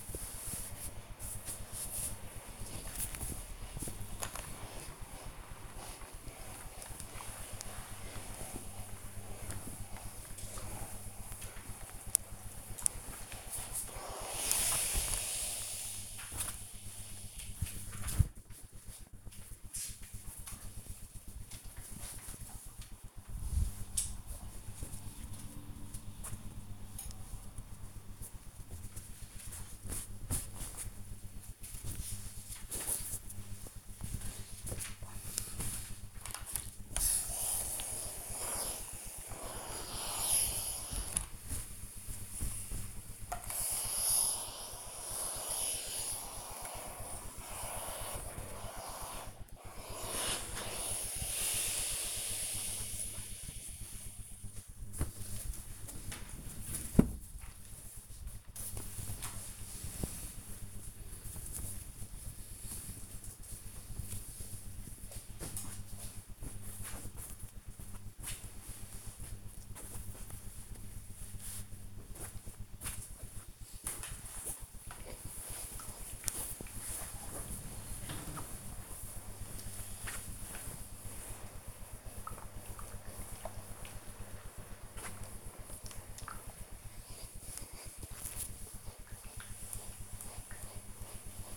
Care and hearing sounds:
household activities, microphone on the right wrist
0.00-61.44 s: ironing laundry
73.53-91.57 s: ironing laundry

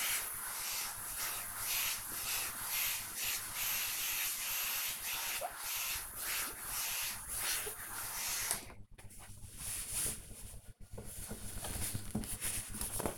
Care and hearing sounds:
household activities, microphone on the right wrist
0.00-13.18 s: ironing laundry

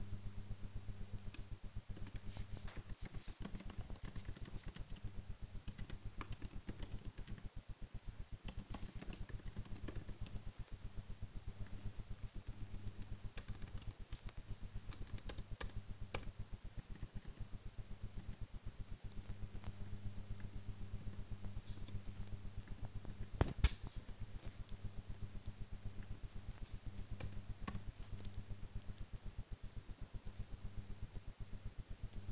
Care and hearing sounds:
household activities, microphone on the right wrist
0.00-32.31 s: working on the computer

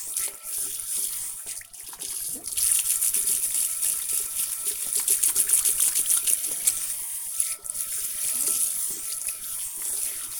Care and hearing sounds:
household activities, microphone on the right wrist
0.00-10.40 s: washing hands

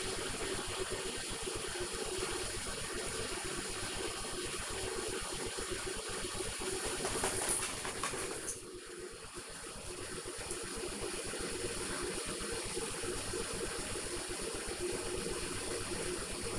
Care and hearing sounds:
household activities, microphone on the right wrist
0.00-16.58 s: making tea

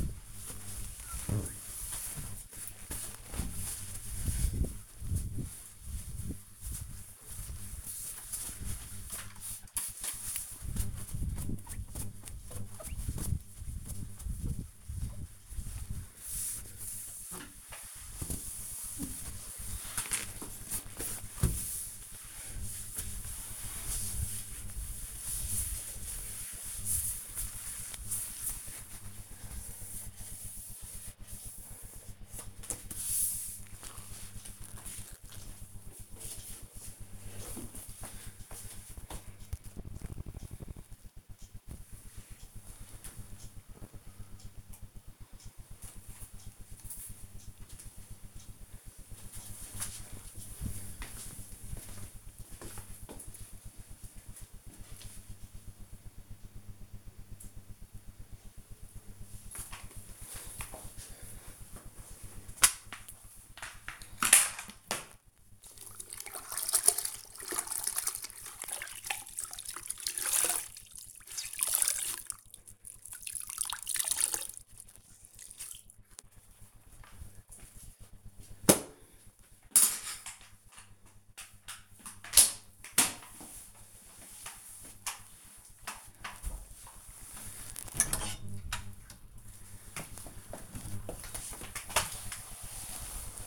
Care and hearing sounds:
household activities, microphone on the right wrist
0.00-33.83 s: window cleaning
58.97-93.47 s: floor cleaning
79.13 s: note: noise

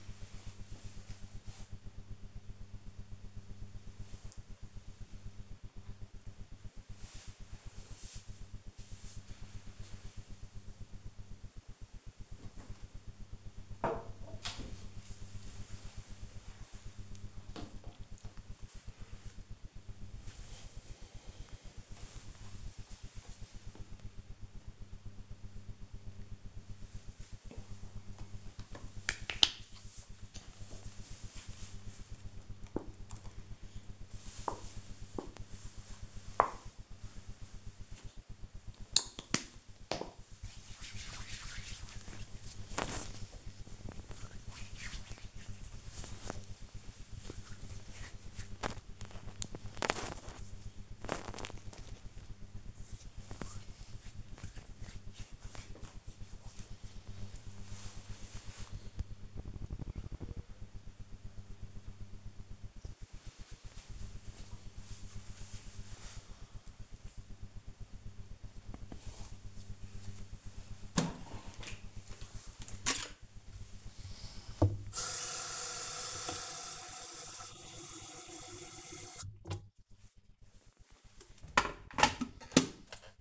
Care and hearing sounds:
household activities, microphone on the right wrist
0.00-11.94 s: drinking
28.01-55.17 s: cream hands
70.26-83.21 s: making tea

